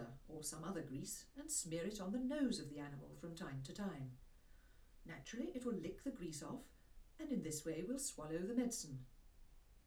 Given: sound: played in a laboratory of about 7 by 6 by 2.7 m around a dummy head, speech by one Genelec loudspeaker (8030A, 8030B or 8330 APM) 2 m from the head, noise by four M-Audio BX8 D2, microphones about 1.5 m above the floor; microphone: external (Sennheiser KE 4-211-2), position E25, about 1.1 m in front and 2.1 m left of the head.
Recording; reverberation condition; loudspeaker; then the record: female speech in English; low; 30 degrees to the right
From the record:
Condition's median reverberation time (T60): about 310 ms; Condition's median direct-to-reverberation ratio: about 3.5 dB